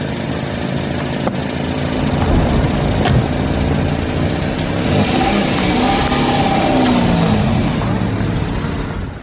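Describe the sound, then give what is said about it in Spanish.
A car engine runs with a steady low rumble, a couple of sharp clicks early on, then a rising, wavering rev in the second half. No voices. “Venga, a subir al coche.”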